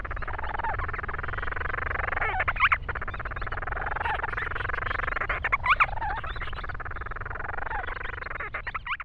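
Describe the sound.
Grant's storm petrel calls: short rising squeaky notes repeated every few seconds, each with a burst, over steady broad noise.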